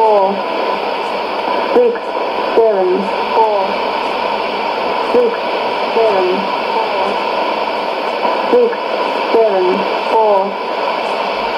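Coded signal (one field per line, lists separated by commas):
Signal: numbers station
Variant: E17z English Lady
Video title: 01 06 2017 Numbers station E17z English Lady in English to Eu 0800 on 16780 in CUSB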